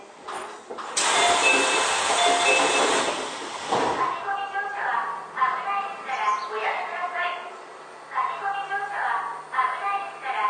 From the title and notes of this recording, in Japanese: 京王9000系 高尾山口〜つつじヶ丘。快速つつじヶ丘行を録音。ステンレス車体、20 m両開き4扉。